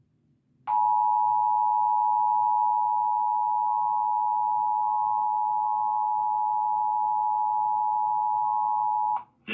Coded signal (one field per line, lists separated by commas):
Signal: Emergency Alert System (SAME) tones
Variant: 853 and 960 Hz attention tone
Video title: Portland RMT of EAS (May 5th 2023 - 10:15 AM PST) (SEVERE VOLUME WARNING) (KATU 2.1)